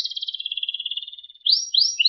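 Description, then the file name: Canary singing a rapid, slightly descending pulsed trill that fades, followed after a short gap by three bright upward-sweeping notes. Sekar Jagad variety canary. "kenari sekar jagad"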